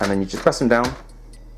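A plastic ink cartridge is being handled and pressed down into the print head carriage of a Canon Pixma MG6450 inkjet printer. Someone talks for the first second, and then two faint ticks come through a quiet background at about 1.3 and 1.6 seconds. Nothing has seated or clicked yet.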